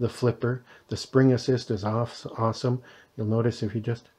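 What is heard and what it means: Someone talks while handling a Kershaw Filter 1306BW folding knife, with its spring-assisted stainless steel blade about to be flicked open into the steel frame lock of the handle. Only speech is heard. The blade has not yet locked into place; nothing has seated or clicked yet.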